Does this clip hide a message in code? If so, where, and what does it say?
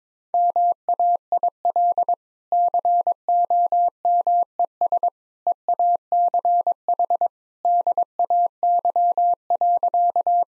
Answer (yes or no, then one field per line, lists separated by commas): yes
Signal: Morse code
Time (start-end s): 0.3-10.4 s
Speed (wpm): 22 wpm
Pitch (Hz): 700 Hz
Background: none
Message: MAIL COMES EACH DAY.